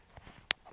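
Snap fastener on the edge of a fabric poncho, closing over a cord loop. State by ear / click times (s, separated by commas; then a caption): seated / 0.5 s. A metal snap fastener on the fabric edge of a poncho is pressed closed over a cord loop placed inside it. After a faint tap near 0.2 s, one sharp, bright click rings out at 0.5 s, and the snap is seated shut.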